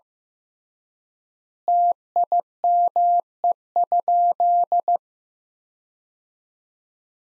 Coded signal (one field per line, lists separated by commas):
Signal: Morse code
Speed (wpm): 15 wpm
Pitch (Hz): 700 Hz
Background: none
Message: TIME?